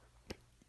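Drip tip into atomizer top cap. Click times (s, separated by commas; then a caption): 0.3 s. A drip tip held in by O-rings is pushed into the top cap of a Twisted Messes V2 rebuildable dripping atomizer. It seats with a single short, sharp pop at 0.3 s against a quiet background.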